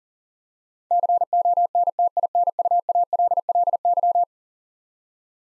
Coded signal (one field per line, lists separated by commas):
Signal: Morse code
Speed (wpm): 40 wpm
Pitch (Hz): 700 Hz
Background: none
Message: CONTINUALLY